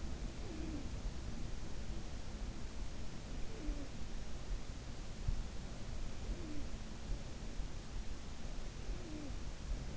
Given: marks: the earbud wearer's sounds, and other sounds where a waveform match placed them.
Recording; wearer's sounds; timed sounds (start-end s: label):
sounds in sleep by an in-ear microphone; talking in sleep
0.00-1.53 s: talking in sleep
3.10-4.60 s: talking in sleep
5.85-7.43 s: talking in sleep
8.68-9.46 s: talking in sleep